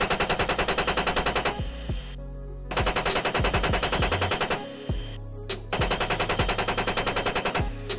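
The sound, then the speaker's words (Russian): Heavy automatic gunfire from an American Apache helicopter attacking a unit of Taliban fighters running with weapons, in a video Putin shows on an iPhone: three long loud volleys of dense repeated shots separated by short pauses, with no talking. “Путин демонстрирует на айфоне, прошу заметить, ролик, где американский вертолет Apache уничтожает отряд талибов.”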